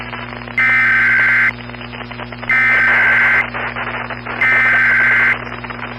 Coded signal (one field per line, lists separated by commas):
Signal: Emergency Alert System (SAME) tones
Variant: header bursts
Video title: EAS MOCK | Duval Fire. @RaphaEAS #MockMasterChallenge